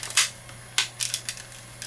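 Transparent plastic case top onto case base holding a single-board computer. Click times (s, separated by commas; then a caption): 0.2 s, 0.8 s. The transparent plastic top half of a Raspberry Pi case, one of whose small tabs was broken off earlier while fitting the board, is pressed down onto the case base holding the Raspberry Pi board. Sharp plastic snaps are heard at 0.2 s and 0.8 s, followed by a few lighter clicks around 1.0 to 1.3 s. The top snaps into place and is seated on the base.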